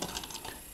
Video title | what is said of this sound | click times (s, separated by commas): 0209 胡服騎射的變形金剛分享時間209集Generations Deluxe SCOOP & Caliburst & Holepunch | 这个地方呢还不能够完全卡紧了，它就是只是 | 0.0 s, 0.2 s